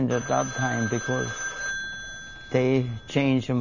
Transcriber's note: a telephone rings